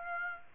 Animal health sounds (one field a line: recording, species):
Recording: mosquito wingbeat signal from an infrared sensor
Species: Aedes aegypti